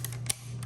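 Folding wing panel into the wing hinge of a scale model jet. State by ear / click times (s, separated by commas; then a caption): seated / 0.3 s. The folding wing panel of a pre-built 1:32 plastic Elite Force F-4 Phantom (Jolly Roger) model jet is pulled out and lowered into the wing hinge, moving to its down flight position. It gives a sharp snap at 0.3 s, with fainter ticks around it over a steady low hum. The wing seats in place, and the snap is normal.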